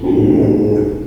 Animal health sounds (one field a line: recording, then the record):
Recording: squeal of a Yucatan mini pig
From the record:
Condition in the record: before surgery on the right vocal fold (resection and tissue-engineered implant)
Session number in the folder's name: 1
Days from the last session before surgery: -3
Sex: male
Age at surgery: 12 weeks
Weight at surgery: 13 kg